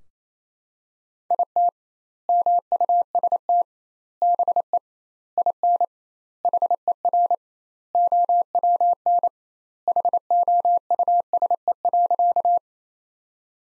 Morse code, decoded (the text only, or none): IT MUST BE IN HER OWN HOUSE.